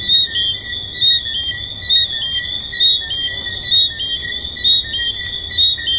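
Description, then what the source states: Tree frogs calling in chorus: overlapping high whistled notes, some sliding, with louder bursts about once a second over a steady ringing background. Several tree frogs recorded at the Hedonism II resort.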